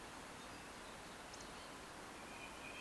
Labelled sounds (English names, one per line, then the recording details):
Eurasian Woodcock whistle
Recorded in Baden-Württemberg, Germany, on 10 June 2021 at 19:43 UTC
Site 43323, 910 m above sea level